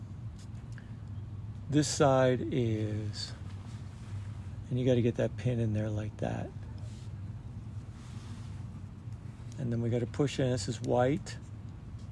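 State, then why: Not seated. A metal wire terminal pin is lined up at a connector housing in Harley-Davidson handlebar wiring, oriented by its groove before being pushed home. Someone talks over a steady low hum, with a couple of faint brief ticks near 0.7 and 0.8 seconds. The pin has not seated or clicked yet.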